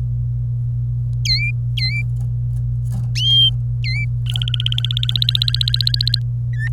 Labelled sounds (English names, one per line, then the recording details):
Domestic Canary song
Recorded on 26 April 2018 at 09:39
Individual llb3